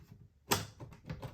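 A 1959 Smith Corona Sterling typewriter is pushed down into its carrying case base, and its release latch locks back with a sharp, loud click at 0.5 seconds. Fainter knocks and rattles follow. The typewriter ends up seated and latched in the case.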